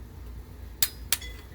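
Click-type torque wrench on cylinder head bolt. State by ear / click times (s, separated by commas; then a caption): torque reached / 0.8 s, 1.1 s. A click-type torque wrench set to 30 lb-ft tightens a cylinder head bolt on a 1.5JZ VVT-i engine build, the first pass of a 30/60/85 sequence. Two sharp metallic clicks ring out at 0.8 s and 1.1 s over a quiet low background. The wrench clicks at its setting, confirming the bolt has reached 30 lb-ft.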